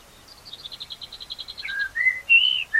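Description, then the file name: Common blackbird singing: a fast run of many high, evenly spaced ticking notes, then several slurred fluty whistles. "Turdus merula"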